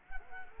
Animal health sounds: mosquito wingbeat signal from an infrared sensor; Culex quinquefasciatus

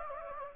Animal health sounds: mosquito wingbeat signal from an infrared sensor; Anopheles gambiae

